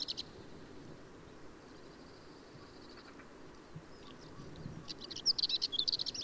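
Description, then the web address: Marmora's warbler song, a short burst of rapid, scratchy chattering notes at the end after a near-quiet stretch with faint thin notes and low rumbling background. "Magnanina sarda"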